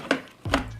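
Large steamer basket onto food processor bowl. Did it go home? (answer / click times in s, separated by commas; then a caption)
yes / 0.1 s, 0.5 s. A large plastic steamer basket is pressed onto the food processor bowl of an Infinity Cook Deluxe XL cooker. Two sharp plastic clicks sound at 0.1 s and 0.5 s, with a low thump just before the second. The basket clips into place.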